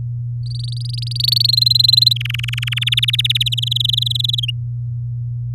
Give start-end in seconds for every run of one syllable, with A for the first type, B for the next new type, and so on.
0.46-1.47 A, 1.48-2.13 B, 2.16-2.79 C, 2.81-3.43 D, 3.46-4.40 E, 4.43-4.50 F